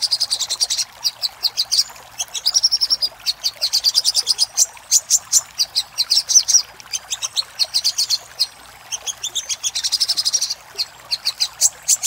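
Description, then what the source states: Little spiderhunter song: sustained rapid high chipping in long phrases with short breaks. For training cage birds.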